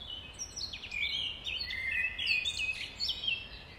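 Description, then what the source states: Nightingale song of rapid varied notes, sweeping whistles and chirps crowding together over a constant low rumble. Recorded at dawn, around 05:33 on 5 May 2020.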